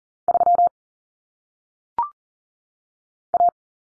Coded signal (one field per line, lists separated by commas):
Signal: Morse code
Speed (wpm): 40 wpm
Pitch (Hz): 700 Hz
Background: none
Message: 3 A